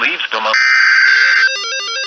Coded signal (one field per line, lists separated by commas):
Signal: Emergency Alert System (SAME) tones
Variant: header bursts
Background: speech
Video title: Enhanced Risk Day... EAS Alerts from 2/5-6/2020 (EAS #248-294)